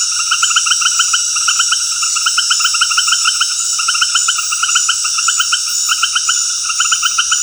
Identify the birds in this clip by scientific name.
none